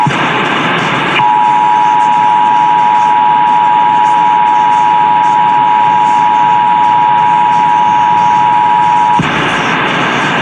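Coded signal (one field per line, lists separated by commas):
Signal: Emergency Alert System (SAME) tones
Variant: 853 and 960 Hz attention tone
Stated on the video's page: Pennsylvania Required Monthly Test EAS tones recorded from several FM, AM and TV stations; one TV station recorded from DVR.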